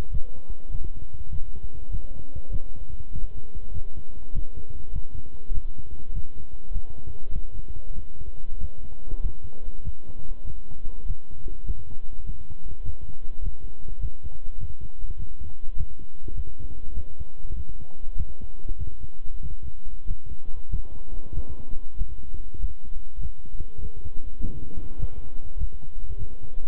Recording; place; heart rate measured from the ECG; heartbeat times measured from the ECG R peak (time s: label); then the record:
heart sounds by stethoscope; between the tricuspid and mitral areas; 99 bpm
0.10 s: heartbeat
0.70 s: heartbeat
1.29 s: heartbeat
1.89 s: heartbeat
2.49 s: heartbeat
3.11 s: heartbeat
3.71 s: heartbeat
4.32 s: heartbeat
4.91 s: heartbeat
5.52 s: heartbeat
6.12 s: heartbeat
6.71 s: heartbeat
7.31 s: heartbeat
7.93 s: heartbeat
8.58 s: heartbeat
9.20 s: heartbeat
9.82 s: heartbeat
10.44 s: heartbeat
11.05 s: heartbeat
11.64 s: heartbeat
12.24 s: heartbeat
12.83 s: heartbeat
13.41 s: heartbeat
13.99 s: heartbeat
14.58 s: heartbeat
15.17 s: heartbeat
15.75 s: heartbeat
16.33 s: heartbeat
16.93 s: heartbeat
17.54 s: heartbeat
18.15 s: heartbeat
18.76 s: heartbeat
19.40 s: heartbeat
20.05 s: heartbeat
20.69 s: heartbeat
21.32 s: heartbeat
21.96 s: heartbeat
22.58 s: heartbeat
23.19 s: heartbeat
23.79 s: heartbeat
24.39 s: heartbeat
24.98 s: heartbeat
25.57 s: heartbeat
26.16 s: heartbeat
From the record:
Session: walking at 3.7 km/h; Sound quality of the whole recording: good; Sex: male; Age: 26 years